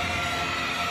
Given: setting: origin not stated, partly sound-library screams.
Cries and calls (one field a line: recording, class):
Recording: one-second piece from a danger detection set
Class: woman in danger